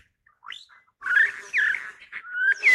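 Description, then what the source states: Lyrebird mimicking a satin bowerbird: rapid, buzzy, electronic-sounding notes with sliding whistled phrases, interrupted by short pauses. Lyrebird in Australia mimicking the song of a satin bowerbird within its own song, heard as a high-speed electronic buzzing sound.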